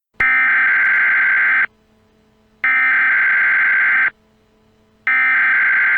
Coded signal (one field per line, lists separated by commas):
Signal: Emergency Alert System (SAME) tones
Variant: header bursts